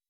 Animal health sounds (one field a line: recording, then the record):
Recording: hydrophone in a shrimp aquaculture tank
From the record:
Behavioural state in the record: weakened